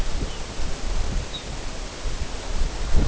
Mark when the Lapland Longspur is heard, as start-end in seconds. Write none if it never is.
0.14-0.49, 1.23-1.50